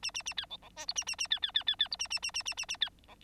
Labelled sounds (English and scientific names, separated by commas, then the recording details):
Bengalese Finch (Lonchura striata domestica) song
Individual Bird9